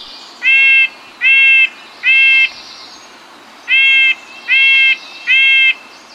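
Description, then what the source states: Red-breasted Nuthatch calls: nasal, tinny notes rich in harmonics, given in two bursts of three, with faint background hiss. Most common nuthatch in western Washington; insistent call said to match its aggressiveness, challenging larger birds for food and territory at feeders; works its way down tree trunks.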